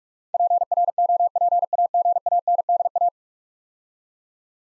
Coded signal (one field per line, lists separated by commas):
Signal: Morse code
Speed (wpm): 44 wpm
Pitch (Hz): 700 Hz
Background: none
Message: PROPAGANDA